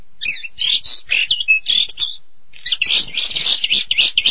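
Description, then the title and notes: Starling song: a busy run of harsh, squeaky, chattering notes with whistled bits, a short pause midway, then another rapid chattering burst. "suara burung jalak"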